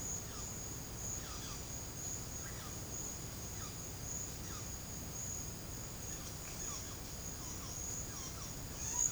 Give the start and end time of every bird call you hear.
[0.20, 4.64] bird call
[6.54, 9.12] bird call

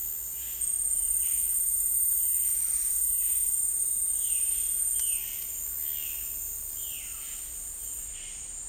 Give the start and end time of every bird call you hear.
[4.38, 8.69] bird call

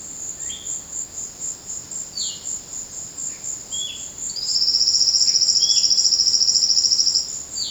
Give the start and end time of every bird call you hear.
[0.00, 7.70] bird call

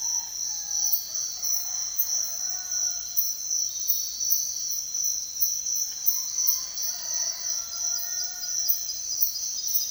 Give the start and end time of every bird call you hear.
[6.08, 8.84] bird call

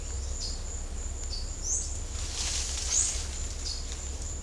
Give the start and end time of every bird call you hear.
[0.37, 0.61] bird call
[1.27, 1.86] bird call
[2.88, 3.12] bird call

